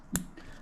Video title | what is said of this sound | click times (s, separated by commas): GOLDWING GL1800 9 COMPUTER MODULES EXPLAINED!!! | You hear it click there. | 0.2 s